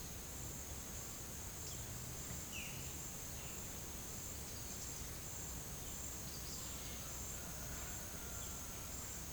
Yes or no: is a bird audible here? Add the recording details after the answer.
yes. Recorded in pastures near Puerto Asís, Putumayo, Colombia, on 25 June 2025 at 11:00. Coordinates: 0.497, -76.327. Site G040